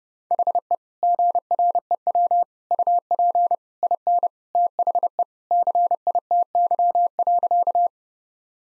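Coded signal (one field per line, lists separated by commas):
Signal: Morse code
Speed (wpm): 30 wpm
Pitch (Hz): 700 Hz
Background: none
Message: HE GREW UP IN THE CITY.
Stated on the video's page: Morse practice sentences at 30 wpm, each sent, then spoken, then sent again, for head-copy training.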